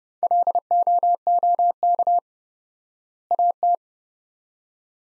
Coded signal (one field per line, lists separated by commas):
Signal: Morse code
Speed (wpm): 32 wpm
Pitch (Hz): 700 Hz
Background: none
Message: LOOK AT